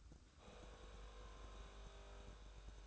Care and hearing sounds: daily activity, microphone in the room; make coffee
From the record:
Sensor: 2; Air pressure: 1007.2 hPa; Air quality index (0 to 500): 41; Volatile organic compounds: 1 ppm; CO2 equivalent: 542 ppm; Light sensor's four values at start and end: 6/14/6/6 and 6/14/6/6

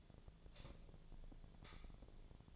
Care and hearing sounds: daily activity, microphone in the room; light off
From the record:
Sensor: 5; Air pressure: 1009.9 hPa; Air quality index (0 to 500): 158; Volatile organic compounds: 4 ppm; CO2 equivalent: 1541 ppm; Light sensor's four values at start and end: 181/460/191/206 and 180/457/190/204

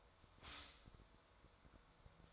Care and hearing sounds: daily activity, microphone in the room; stop toaster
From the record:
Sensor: 3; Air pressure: 1014.7 hPa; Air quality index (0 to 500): 194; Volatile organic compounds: 23 ppm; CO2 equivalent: 2773 ppm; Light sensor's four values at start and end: 4/11/4/4 and 4/11/4/4

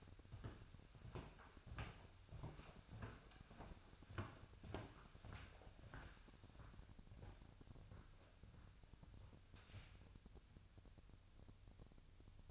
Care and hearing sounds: daily activity, microphone in the room; walk to room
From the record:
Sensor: 2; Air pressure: 999.8 hPa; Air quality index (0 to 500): 118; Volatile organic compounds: 2 ppm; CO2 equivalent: 1020 ppm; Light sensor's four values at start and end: 31/72/33/36 and 30/72/32/36

